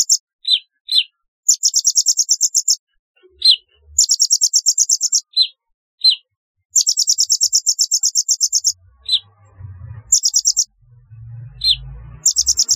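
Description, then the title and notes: Sunbird chirps as quick slurred chips and fast, thin, buzzing trills repeated in runs of up to about two seconds, with a faint low rumble near the end. "Kicau Burung Kolibri"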